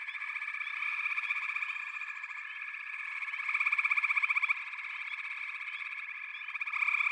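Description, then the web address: Frogs calling in a continuous chorus, many rapid pulsing trills blending into a shrill hum that swells briefly in loud pulsed bursts. A chorus of frogs calling together. "The Natural Sounds of the Wilderness 10 CDs collection Echoes of Nature - Frog Chorus"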